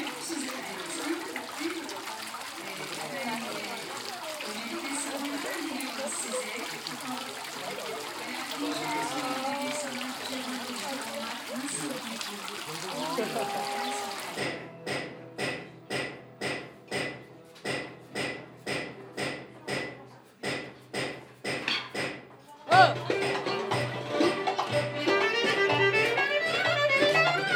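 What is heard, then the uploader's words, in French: A walk through Istanbul opens with fourteen seconds of dense, steady crowd murmur. Then a regular mechanical clacking, like a weaving loom, strikes about twice a second until around 22 seconds, followed by a busier, brighter clatter of knocks and rattles. Promenade à Istanbul, sur le port et dans les rues. Dans les ateliers de tissage. Au souk et au café. Prise de son et réalisation : Jeanne Robet.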